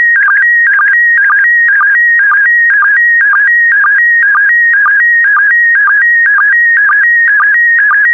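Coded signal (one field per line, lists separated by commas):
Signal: SSTV (slow-scan television)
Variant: PD120 mode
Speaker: Get ready. Starting transmission in 5, 4, 3, 2, 1. Transmission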